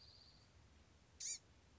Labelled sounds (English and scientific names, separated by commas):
Blue-gray Gnatcatcher (Polioptila caerulea)